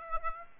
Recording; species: mosquito wingbeat signal from an infrared sensor; Aedes aegypti